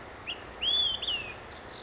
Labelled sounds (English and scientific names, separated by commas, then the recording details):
Olive-sided Flycatcher (Contopus cooperi)
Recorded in Sonoma County, California